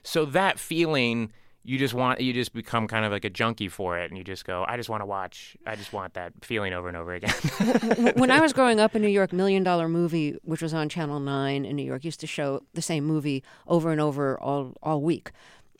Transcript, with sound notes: So that feeling - you just want - you just become kind of like a junkie for it. And you just go, I just want to watch, I just want that feeling over and over again.
(LAUGHTER)
When I was growing up in New York, "Million Dollar Movie," which was on channel nine in New York, used to show the same movie over and over all week.